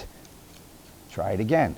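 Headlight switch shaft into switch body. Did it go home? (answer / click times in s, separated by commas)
no / none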